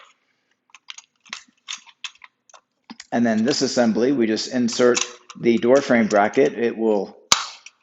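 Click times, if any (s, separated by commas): 7.3 s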